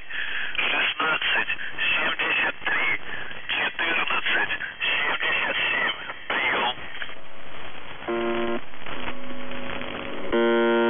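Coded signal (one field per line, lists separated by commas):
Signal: numbers station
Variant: UVB-76 voice message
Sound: voice reading words and numbers over radio, then harsh harmonic buzzes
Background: radio static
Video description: [UVB-76, The Buzzer] Voice Message; 19. August 2021, 12:34 UTC / Callsign: NZhTI (НЖТИ) Message text: 63 495 TAKTOSIG (ТАКТОСИГ) 16 73 14 77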